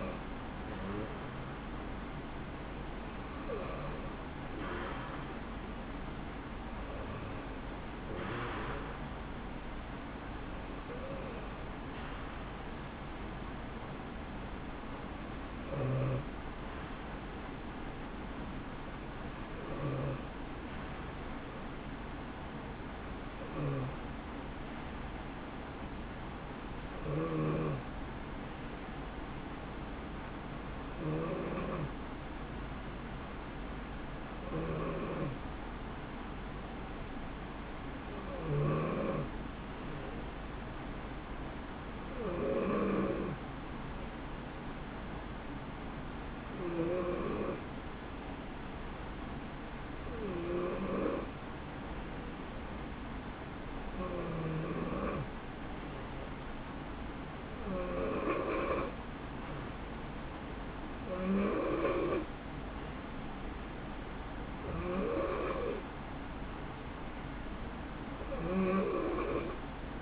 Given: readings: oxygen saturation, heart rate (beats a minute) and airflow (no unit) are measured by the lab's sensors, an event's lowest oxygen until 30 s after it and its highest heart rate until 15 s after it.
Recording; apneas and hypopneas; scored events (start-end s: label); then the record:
breathing in sleep by a voice recorder at the bedside; 1
14.00-40.90 s: hypopnea (N2, oxygen 93% highest, then 89% lowest, heart rate 68 at the start, 70 highest)
From the record:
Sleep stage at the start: N2 (light sleep); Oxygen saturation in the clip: 89 to 93%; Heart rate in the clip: 62 to 77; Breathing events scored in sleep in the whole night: 160 in 9.3 hours asleep